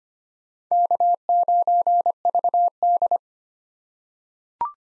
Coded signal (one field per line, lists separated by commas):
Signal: Morse code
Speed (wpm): 25 wpm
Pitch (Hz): 700 Hz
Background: none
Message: K9VD